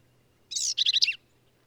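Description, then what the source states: Black-capped vireo giving a single quick phrase: a harsh buzzy note followed by a rapid cluster of squeaky, warbled notes, with faint low hum. Male, one individual, singing at Kerr Wildlife Management Area, Hunt, Texas hill country; endangered species; phrases sung alone, truncated, embellished or run together in a lively, emphatic performance.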